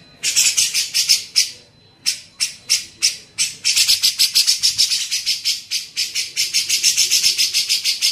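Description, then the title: Grey-cheeked bulbul scratchy chatter, spaced harsh notes that speed into a dense run of rapid buzzy pulses. Masteran training recording used to tutor songbirds. "MASTERAN CUCAK JENGGOT"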